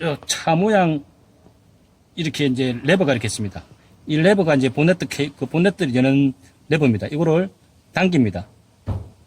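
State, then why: Released. A car's hood release lever inside the cabin is pulled, releasing the hood latch at the front. Someone talks through most of the clip, and a short click is heard at 8.9 s as the hood latch pops open.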